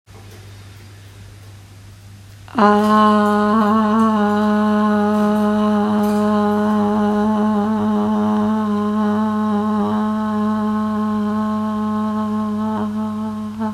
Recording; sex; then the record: sustained vowel /a/; female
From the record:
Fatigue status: fatigue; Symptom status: symptomatic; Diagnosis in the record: COVID-19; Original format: m4a